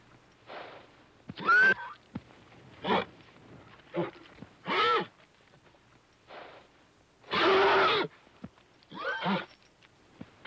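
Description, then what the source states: Horse sounds, rough snorting exhalations and short high squealing whinnies, uneven bursts with a long loud blast near the end. A scared horse.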